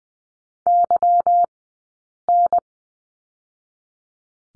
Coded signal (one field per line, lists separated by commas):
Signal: Morse code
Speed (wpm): 20 wpm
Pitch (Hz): 700 Hz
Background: none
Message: YN